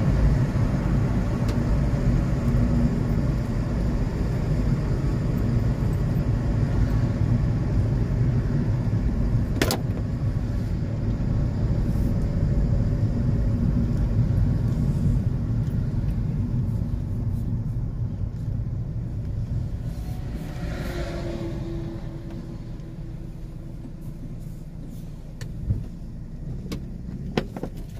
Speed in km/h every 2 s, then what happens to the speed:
49, 43, 38, 35, 32, 32, 28, 18, 13, 8, 5, 1, 1, 3.
0-22 slows to 1. 22-24 standing.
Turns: none.